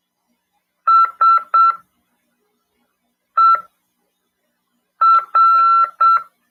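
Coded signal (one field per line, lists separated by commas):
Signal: Morse code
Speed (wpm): 7 wpm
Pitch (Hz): 1350 Hz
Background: none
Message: SER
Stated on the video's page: Morse code (CW) lesson in an amateur radio class, broadcast on FM 146.410 MHz.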